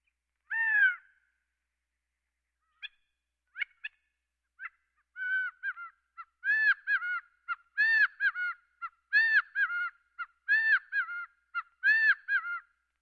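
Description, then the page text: Gambel's quail giving one loud nasal call, a few soft clipped notes, then a steady run of repeated nasal calls. "Gambels Quail. Quick Sounds"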